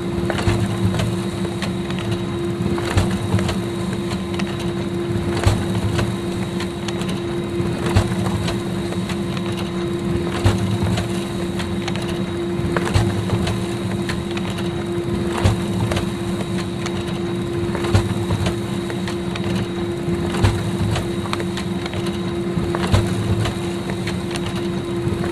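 A laser printer and photocopier run with a steady low mechanical hum, overlaid by frequent irregular clicks and rattling ticks throughout.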